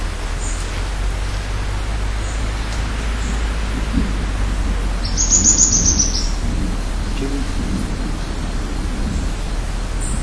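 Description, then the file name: Streaked xenops giving a short series of very high, thin, sharp notes for about a second, over a heavy low rumble. Recorded at Esmeralda on 10 July 2015. "Xenops-rutilans--- 2015-07-10-PP-Esmeralda---Jorge-La-Grotteria"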